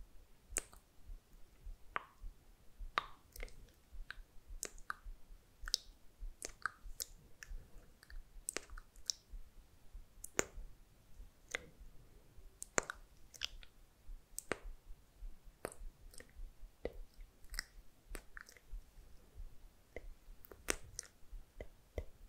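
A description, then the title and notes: Mouth sounds and kiss sounds: a steady run of sharp, wet smacks and clicks, roughly two or three each second, with no real pauses across the stretch. Some pops are crisp and bright, others softer and squishy, over a faint low hum. MOUTH SOUNDS and KISS SOUNDS + HAND MOVEMENTS.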